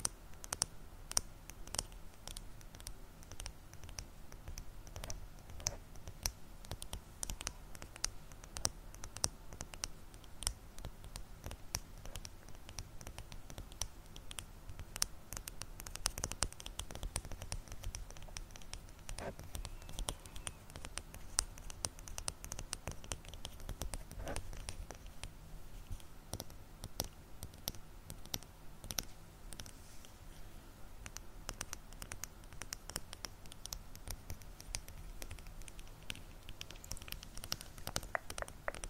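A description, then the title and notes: Fast tapping and brushing against a microphone, with dense clicks and scratchy strokes packed closely together the whole way through. Thicker, louder rubbing bursts come around 15 and 24 seconds, and a low rumble runs steadily underneath. ASMR Mic Brushing, Scratching, & Fast Tapping (No Talking).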